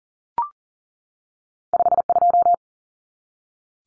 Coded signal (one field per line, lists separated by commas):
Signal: Morse code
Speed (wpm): 40 wpm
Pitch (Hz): 700 Hz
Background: none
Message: 52